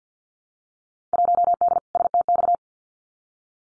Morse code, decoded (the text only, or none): 1D STX